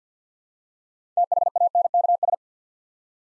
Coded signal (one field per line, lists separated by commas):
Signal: Morse code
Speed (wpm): 50 wpm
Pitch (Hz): 700 Hz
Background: none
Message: THANKS